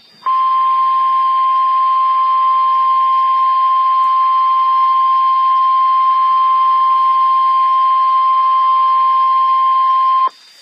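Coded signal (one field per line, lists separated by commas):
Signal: Emergency Alert System (SAME) tones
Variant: 1050 Hz attention tone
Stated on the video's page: NOAA Weather Radio severe thunderstorm warning from WXJ96.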